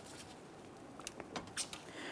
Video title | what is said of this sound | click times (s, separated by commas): How to Replace Headlight Assembly 2010-2013 Ford Transit Connect | let's reconnect our wiring harness we'll press it in and listen for a click | 1.1 s